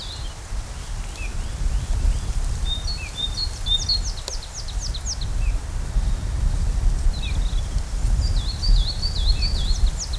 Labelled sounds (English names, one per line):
Coal Tit song